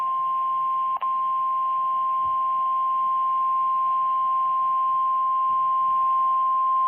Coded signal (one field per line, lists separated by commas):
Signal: Emergency Alert System (SAME) tones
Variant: 1050 Hz attention tone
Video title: [EAS #36] RWT [2/21/2018]